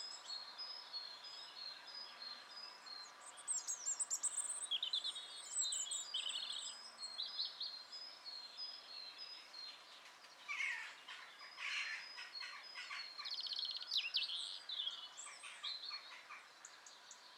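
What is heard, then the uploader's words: Woodland birdsong in spring, with several birds calling and chirping at once in bright, high trills and repeated short notes. A louder, harsher burst of calls rises around ten to twelve seconds, then the chorus settles back. No low sounds sit underneath, only a faint airy hush. Spring. A little vision quest into the woods where you meet a robin, lie against an oak tree and breathe in some delicious crisp air. Pure, inviting nature sounds.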